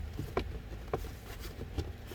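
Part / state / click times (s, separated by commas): glove box onto dashboard mounting pieces / not seated / none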